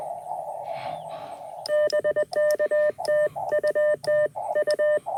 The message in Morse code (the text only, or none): BK TU TU